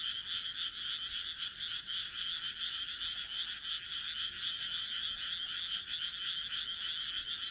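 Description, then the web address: Frogs croaking together, a continuous, high, buzzy rattle of overlapping pulses with little variation. "kaeru kaeru"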